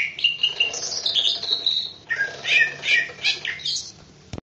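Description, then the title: Greater green leafbird song, whistled trills and chirps in two short bursts, then a sudden click and silence. "KICAU BURUNG CUCAK IJO"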